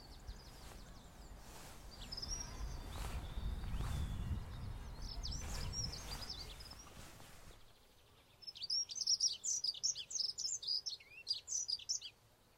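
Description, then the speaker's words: Dunnock giving a rapid run of high, bright chirping notes in the last few seconds, preceded by faint chirps over low rumbling noise. Calling in a village; identified with a bird app; territorial dunnocks common locally. "think that is a dunnock that you can hear calling right now."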